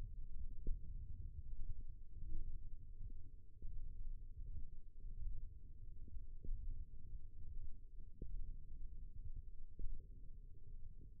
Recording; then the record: forearm muscle sounds (acoustic myography)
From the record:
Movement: hand opening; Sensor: system 1, eight BSWA MPA416 microphones around the upper forearm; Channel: 2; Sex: female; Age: 21 years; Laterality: right